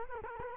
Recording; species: mosquito wingbeat signal from an infrared sensor; Culex quinquefasciatus